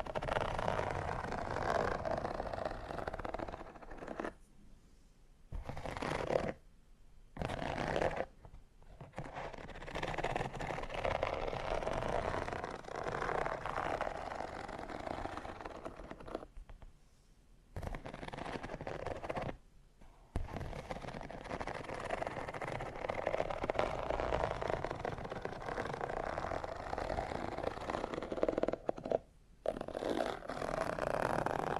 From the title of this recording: Needle Fingers & Textured Leather Scratching